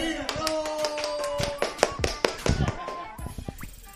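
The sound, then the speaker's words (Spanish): A few people clapping their hands in an uneven, scattered burst of sharp, bright claps, with a faint voice or tone underneath at the start; real applause during a broadcast of the Radio Prestas program. “O sea que tendremos que aplaudir de verdad.”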